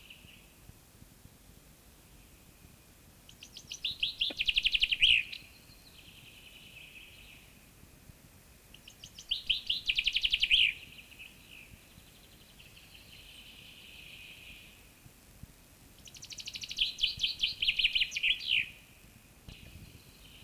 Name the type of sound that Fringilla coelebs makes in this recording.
song